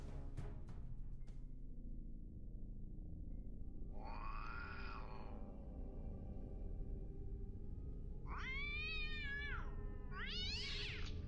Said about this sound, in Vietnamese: Tiếng mèo vườn chuồn đâu đó vang lên. Độ gần đây thì nhà ông Mường cứ tối đến lại xuất hiện một con mèo hoang.